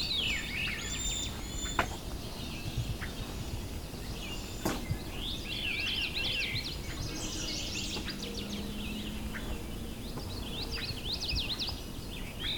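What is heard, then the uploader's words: Birds chirp and trill almost constantly over a steady low rumble at Valens Lake in June, with two sharp clicks near two and five seconds. Valens Lake in June. I returned to Valens Lake, during the height of breeding season.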